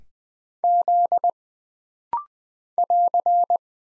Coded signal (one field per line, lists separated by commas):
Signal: Morse code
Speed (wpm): 20 wpm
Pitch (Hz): 700 Hz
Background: none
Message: Z <AR>